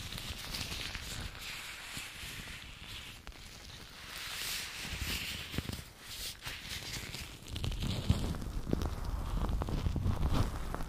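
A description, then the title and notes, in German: Two different gloves rub and rustle, with a steady crackly texture and scattered clicks, growing louder and rougher after eight seconds. ASMR Handschuh Sounds. 2 verschiedene Handschuhe.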